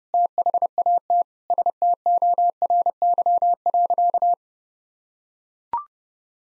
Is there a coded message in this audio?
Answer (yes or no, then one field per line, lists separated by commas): yes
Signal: Morse code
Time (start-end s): 0.1-4.3 s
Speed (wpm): 30 wpm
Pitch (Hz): 700 Hz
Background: none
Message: THAT STORY.